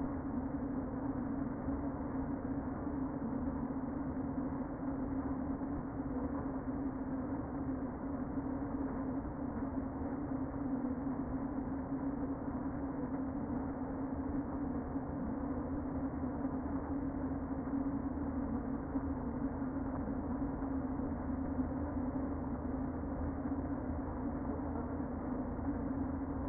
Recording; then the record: honeybee colony, microphone inside the hive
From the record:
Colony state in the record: queen present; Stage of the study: before two queens were removed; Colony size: about 60,000 bees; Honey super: yes